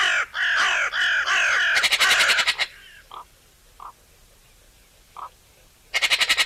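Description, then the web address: Eurasian magpie chattering: harsh grating notes, then a fast machine-gun rattle of clipped chacks, a pause with a few soft notes, and another rapid rattle at the end. "SETE data Pica pica"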